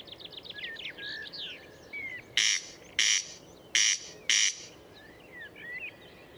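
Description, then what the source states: Corn crake call, two pairs of loud grating rasps midway, after a bird's rapid trilled song; more soft chirps and whistles follow. Murnauer Moos, Germany, 29 May 2014.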